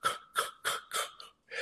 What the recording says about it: The second symptom that we tend to identify in patients with obstructive sleep apnea is like gasping, choking for air during the sleep. This gasping, choking for air during the sleep sensation is basically the reaction from the actual obstruction of the airway. The patient may wake up, feeling suffocated, gasping or choking. that indicates that certainly the airway is collapsed, is completely obstructed.